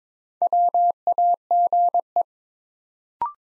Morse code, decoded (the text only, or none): WAGE